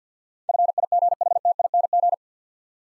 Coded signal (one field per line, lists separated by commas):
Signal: Morse code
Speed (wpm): 50 wpm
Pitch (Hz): 700 Hz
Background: none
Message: FIGHTING